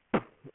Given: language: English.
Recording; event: throat vibration sensor signal played as sound; cough